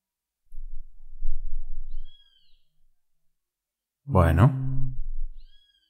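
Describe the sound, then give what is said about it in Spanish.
A single loud, harsh bird call bursts out briefly, rich and buzzy, after a stretch of low rumbling, with faint high whistling notes before and after. “El pájaro le gusta omitir su opinión.”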